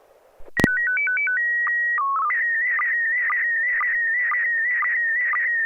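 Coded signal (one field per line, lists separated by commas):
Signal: SSTV (slow-scan television)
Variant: PD 120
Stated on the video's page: Weekly SSTV net on an FM repeater, 441.300 MHz, Wednesday evenings; pictures sent with MMSSTV software.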